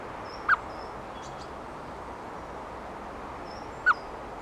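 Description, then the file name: Eurasian blackbird giving two short, abrupt call notes about three and a half seconds apart over steady background noise. Female. "Turdus merula female"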